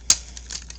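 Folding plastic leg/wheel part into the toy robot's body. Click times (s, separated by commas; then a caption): 0.1 s. A plastic leg and wheel part of a toy robot is folded to the front into its body while the action figure is being turned into vehicle mode. A sharp plastic click at 0.1 s shows the part locking into place. Fainter small ticks and handling noises follow.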